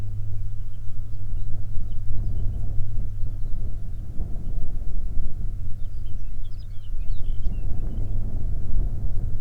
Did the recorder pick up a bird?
yes